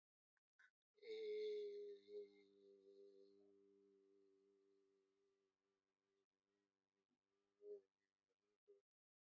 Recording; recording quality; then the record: sustained vowel as in made; excellent, no background noise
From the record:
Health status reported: healthy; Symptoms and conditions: none ticked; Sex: male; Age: 30 years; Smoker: yes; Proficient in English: yes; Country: India